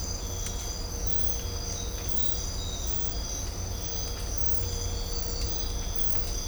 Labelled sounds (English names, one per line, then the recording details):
none
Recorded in dense forest near Puerto Asís, Putumayo, Colombia, on 18 December 2024 at 05:30
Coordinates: 0.503, -76.323
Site G043